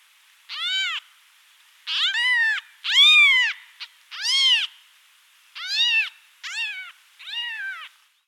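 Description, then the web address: Cat: kitten giving repeated shrill mews, each call arched in pitch, seven or so in succession with a brief squeak midway. "karlammann. Tierstimmen Katze jungtier"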